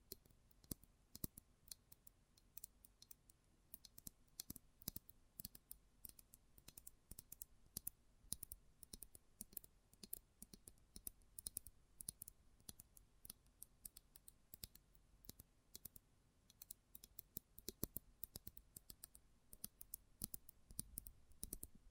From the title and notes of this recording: ASMR Close Up Metallic Sounds (No Talking).